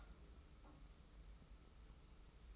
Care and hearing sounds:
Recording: daily activity, microphone in the room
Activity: take from stove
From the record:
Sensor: 1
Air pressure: 990.9 hPa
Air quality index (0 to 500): 91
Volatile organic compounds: 32 ppm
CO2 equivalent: 3006 ppm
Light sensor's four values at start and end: 36/117/46/47 and 36/117/46/47

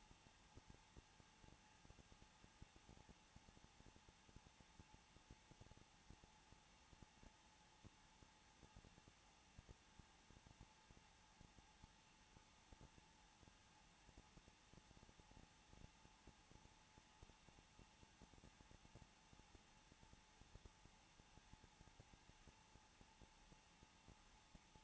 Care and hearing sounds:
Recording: daily activity, microphone in the room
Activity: no activity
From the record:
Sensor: 1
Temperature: 20.2 degrees Celsius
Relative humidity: 35.7%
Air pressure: 994.5 hPa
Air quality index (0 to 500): 182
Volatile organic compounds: 7 ppm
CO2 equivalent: 1999 ppm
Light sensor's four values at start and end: 1/2/1/1 and 1/2/1/1

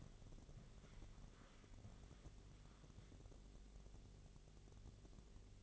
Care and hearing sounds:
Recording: daily activity, microphone in the room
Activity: walk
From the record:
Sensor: 4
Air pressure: 1001.3 hPa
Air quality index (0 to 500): 172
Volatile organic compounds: 2 ppm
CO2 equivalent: 1242 ppm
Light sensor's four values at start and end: 14/32/13/13 and 14/32/13/13

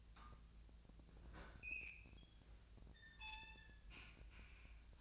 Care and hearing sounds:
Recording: daily activity, microphone in the room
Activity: open fridge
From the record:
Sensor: 2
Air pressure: 1009.5 hPa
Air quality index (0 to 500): 184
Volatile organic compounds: 11 ppm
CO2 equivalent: 2298 ppm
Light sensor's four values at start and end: 25/61/26/28 and 25/61/26/29

